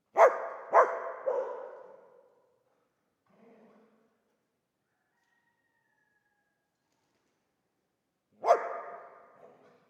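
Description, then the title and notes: Dog barks: three quick harsh barks at the start, a faint brief sound, a long pause, then one more loud bark near the end. Old dog stuck in the pool/basin of the dilapidated Palais El Glaoui courtyard, Fès, Morocco; full sun, circling, rearing on hind legs, barking at visitors; recorded with Zoom F3 and ORTF microphone. "Fès, Fès-Meknès, Maroc - le chien du palais El Glaoui. Dans la cour du palais (en décrépitude avancée), un vieux chien est "prisonnier" dans le bassin/piscine. Il se dresse sur ses pattes arrières pour entrevoir quelques secondes ce qui se passe dans la cour et "invective" les visiteurs de ses aboiements. JF CAVRO"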